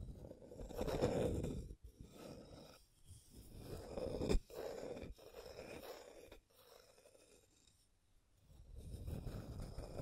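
Rough, rasping scratching strokes come in uneven bursts, with brief breaks near two and five seconds and a sharp click around four seconds. A quieter stretch follows from about six to eight seconds before the grainy scraping swells back up at the end.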